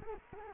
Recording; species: mosquito wingbeat signal from an infrared sensor; Culex quinquefasciatus